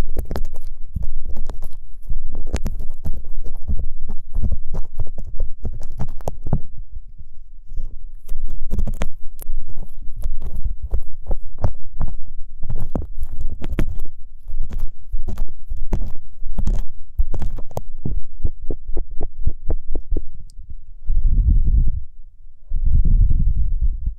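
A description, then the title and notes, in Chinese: Ear cleaning with dense, rapid scratching and rubbing clicks over a deep thumping rumble, pausing briefly near the middle, ending with heavier muffled thuds. 掏耳朵。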